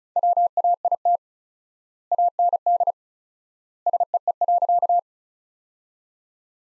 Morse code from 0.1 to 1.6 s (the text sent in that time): WAIT